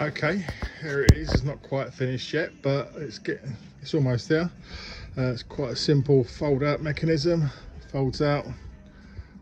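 Someone talks while handling the fold-out support arm of a roof-rack shower frame on a vehicle, a shower enclosure, swinging it out toward its hinge bracket. Nothing has locked or clicked into place yet.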